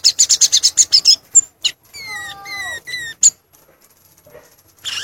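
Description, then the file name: Violaceous euphonia song: a rapid series of high chips, then several clear, sliding whistles with a harmonic quality, followed by near silence and a final short burst. "canto do gaturamo verdadeiro"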